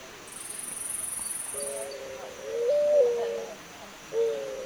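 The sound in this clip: Zenaida dove giving low, mellow coos, one drawn-out note bending upward in the middle and a shorter coo following, with a thin insect buzz early on.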